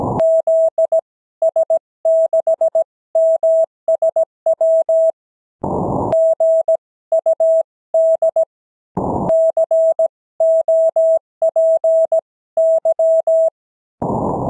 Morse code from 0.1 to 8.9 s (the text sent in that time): ZS6MSW GUD